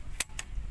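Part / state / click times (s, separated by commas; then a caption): extending rod lock on a slingshot rifle / released / 0.2 s, 0.4 s. Two locks on a metal slingshot rifle are pressed so its rod slides straight out for more length. Two sharp metallic clicks sound at 0.2 s and 0.4 s, and the rod lock is released to extend.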